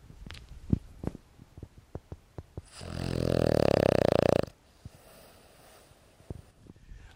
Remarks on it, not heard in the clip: You can hear Rufus snoring again. Let me see if I can get the mic close to him.